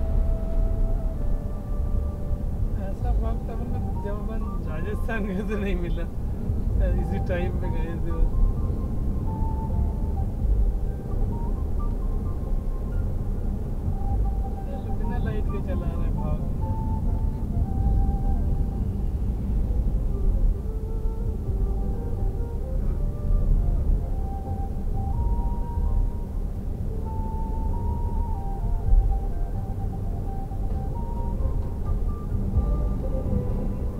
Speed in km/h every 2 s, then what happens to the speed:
84, 81, 80, 79, 80, 82, 83, 76, 68, 67, 71, 74, 74, 78, 79, 83, 88.
0-12 steady at about 81. 12-16 brakes to 68. 18-34 speeds up to 88.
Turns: none.